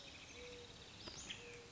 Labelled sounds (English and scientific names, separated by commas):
Mourning Dove (Zenaida macroura)